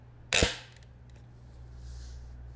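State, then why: Seated. A motor gear unit is pushed down onto a window blind chain mounting bracket until it snaps into place. A loud, sharp snap comes at 0.4 s, followed by fainter clicks at 0.8 s, 0.8 s, 1.1 s and 1.2 s as the gear seats on the bracket.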